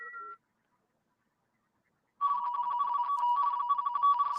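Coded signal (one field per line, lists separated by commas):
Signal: RTTY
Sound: brief tones, silence, then a rapid warbling two-tone chatter around 1 kHz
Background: radio static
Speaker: not very pretty I do not expect anybody to actually understand what this is this is all computer decode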